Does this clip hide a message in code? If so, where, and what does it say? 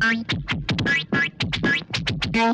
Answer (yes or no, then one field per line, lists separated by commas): no